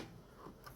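A turn signal wiring connector is pushed onto a clear corner light turn signal assembly on a 1999–2001 BMW E46 3 Series. Over a quiet low background, a single short, sharp click sounds at 0.7 s as the connector seats and plugs in.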